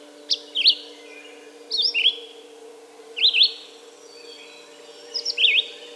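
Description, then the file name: Red-eyed vireo song of brief slurred whistles, each phrase a different twist of rising and falling notes, repeated about every 1.5 seconds above a faint hum. "red-eyed vireo song by jonathon jongsma"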